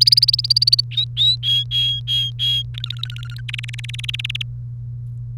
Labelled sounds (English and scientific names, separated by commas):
Domestic Canary (Serinus canaria) song